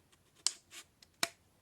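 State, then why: Seated. A plastic swivel wall-mount bracket is slid down the insertion-arrow guide rail on a solar Meshtastic LoRa node housing until its hook catches the small hook on the housing. Two sharp, bright plastic clicks ring out at 0.5 s and 1.2 s, with a soft sliding scrape and a faint tick between them. The bracket is seated on the hook.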